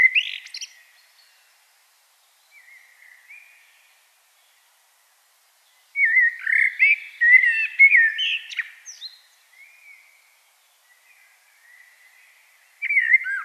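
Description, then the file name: Common blackbird singing bursts of fluting, slurred whistles and squeaky twitters, with quieter soft notes in the gaps between louder phrases. "Turdus merula"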